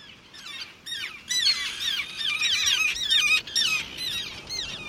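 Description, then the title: Tern calling: many high, harsh, squeaky notes in rapid, dense succession throughout. "How Terns Read the Water"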